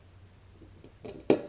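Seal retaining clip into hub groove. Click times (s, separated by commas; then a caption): 1.3 s. A metal seal retaining clip is pressed into the internal groove of a bicycle hub with a number 4 tool. After quiet low-level handling noise and a faint tap near 0.8 s, a sharp, bright click sounds at 1.3 s as the clip snaps into the groove. The clip is seated and holds the seal.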